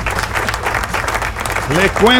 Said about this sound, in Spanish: Aplauso.